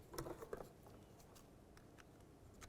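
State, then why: Not seated. The wiring connector for the front interior door handle bezel of a 2000-2005 Buick LeSabre is handled as it is brought up to be reconnected. A few short plastic taps and rustles come early, around 0.2, 0.5 and 0.6 seconds, then a faint tick at 2.0 seconds over a quiet background. Nothing has seated or clicked yet.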